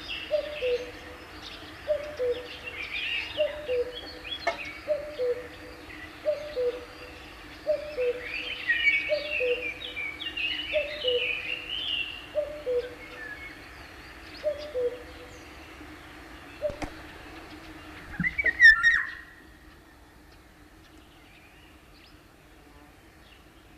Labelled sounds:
Eurasian Golden Oriole (Oriolus oriolus) call
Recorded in the wild
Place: Illmitz, AT
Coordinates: 47.7594, 16.7686
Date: 1972-05-08
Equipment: Uher Report 4200, AKG D190C in Doppel-Parabolreflektor
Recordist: Krey, Winfried

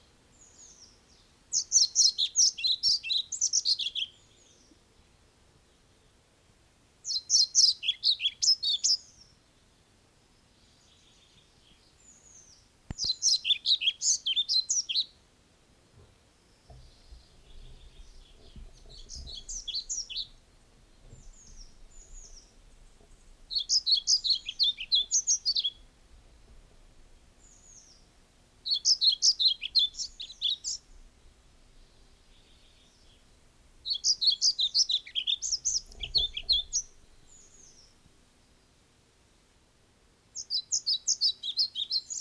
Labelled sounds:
European Pied Flycatcher (Ficedula hypoleuca) song
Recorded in the wild
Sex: male
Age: adult
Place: Schloß Holte-Stukenbrock, Senne, Nordrhein-Westfalen, DE
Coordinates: 51.8683, 8.6575
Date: 1967-05-14
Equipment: Uher 4000 Report-S, Bändchenmikro Beyer M 260, Parabolspiegel Polyester (470 mm)
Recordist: Conrads, Klaus

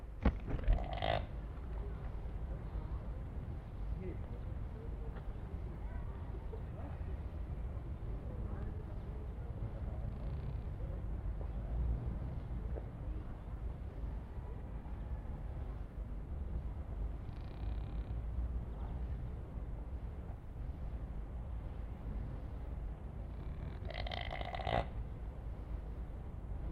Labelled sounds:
Chamois (Rupicapra rupicapra) call
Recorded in captivity
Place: Zoo Berlin, Berlin, DE
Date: 1961-01-01 12:00

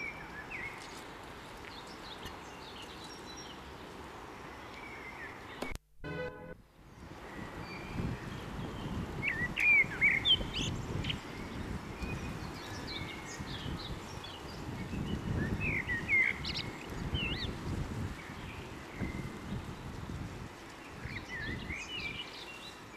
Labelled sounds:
Common Blackbird (Turdus merula) song
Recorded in the wild
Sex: male
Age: adult
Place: Homburg, Saarland, DE
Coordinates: 49.2397, 7.3398
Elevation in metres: 243
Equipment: Nagra IV, Sennheiser MKH 405, Parabolreflektor
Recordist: Tretzel, Erwin

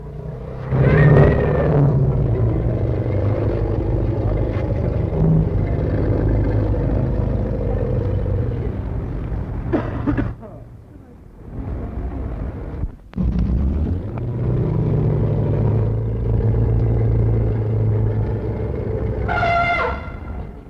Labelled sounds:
Asian Elephant (Elephas maximus)
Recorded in captivity
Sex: group
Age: adult
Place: Zoo Berlin, Berlin, DE
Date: 1960-11-16 15:00
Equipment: Minifon, Kopie Smaragd
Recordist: Tembrock, Günter

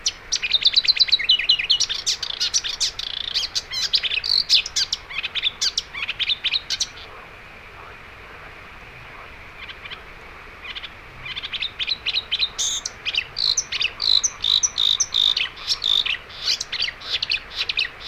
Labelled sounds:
Marsh Warbler (Acrocephalus palustris) song
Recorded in the wild
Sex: male
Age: adult
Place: Kützerhof, Kummerower See, Mecklenburg-Vorpommern, DE
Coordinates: 53.8561, 12.86
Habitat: wetland
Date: 2010-06-06 23:50
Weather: clear, 15°C, weak northerly winds
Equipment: Sound Devices 702, Sennheiser MKH 70, Rycote Windschutz
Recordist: Frommolt, Karl-Heinz

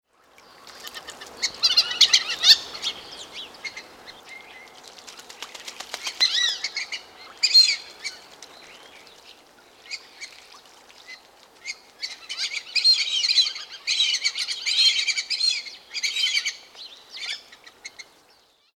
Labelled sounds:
Fulvous Whistling Duck (Dendrocygna bicolor)
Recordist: Tembrock, Günter
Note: Rufe einer Gruppe

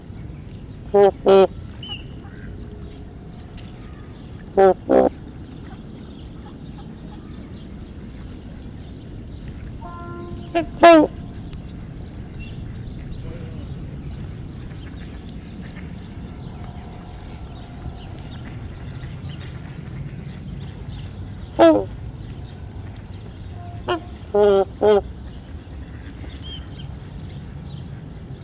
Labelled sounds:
Trumpeter Swan (Cygnus buccinator) call
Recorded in captivity
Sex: group
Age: adult
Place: Tierpark Berlin, Berlin, DE
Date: 1974-01-13 12:00
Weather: sunny, ca. 5°C
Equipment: Uher 4200 Report Stereo, Sennheiser MD 421, Verstärker
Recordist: Tembrock, Günter

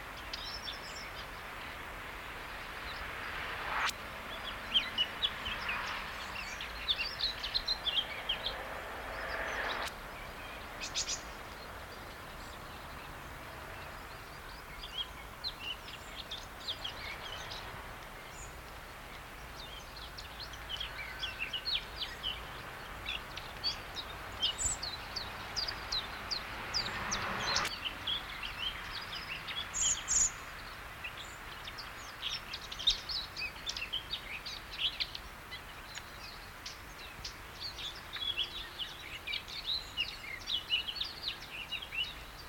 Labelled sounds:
Eurasian Blackcap (Sylvia atricapilla)
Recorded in the wild
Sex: male
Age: adult
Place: Treuchtlingen, Naturpark Altmühltal, Bayern, DE
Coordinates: 48.96, 10.91
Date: 1993-09-16
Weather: 12°C, bedeckt, böig, z. T. Regen
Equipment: Marantz CP 430, Sennheiser MKH 416 T, Kopie Uher Variocord 263
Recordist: Tembrock, Günter

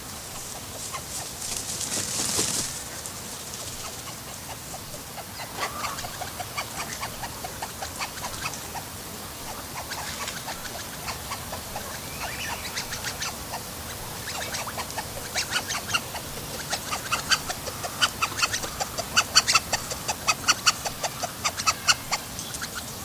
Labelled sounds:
Spur-winged Goose (Plectropterus gambensis) call
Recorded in captivity
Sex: pair
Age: adult
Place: Zoo Leipzig, Sachsen, DE
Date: 2003-10-01 17:07
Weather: fair, 16°C
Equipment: Fair Mate ST-1328 (Asahi Electronics, Japan), Sennheiser ME 80, Kopie Uher 4000 Report Monitor
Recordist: Tembrock, Günter
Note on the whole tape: Erst Männchen, dann Weibchen aus dem Wasser - "Begrüßung" (Entfernung: ca. 1-2 m)

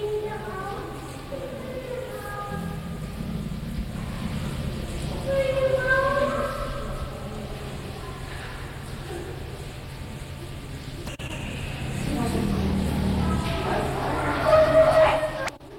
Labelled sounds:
Tiger (Panthera tigris)
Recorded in captivity
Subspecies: sumatrae
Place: Tierpark Berlin, Berlin, DE
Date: 1992-10-31 11:01
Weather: sonnig bis heiter, -2 bis 3°C
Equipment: Marantz CP 430, Sennheiser ME 80, Kopie Tesla B 116
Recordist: Tembrock, Günter

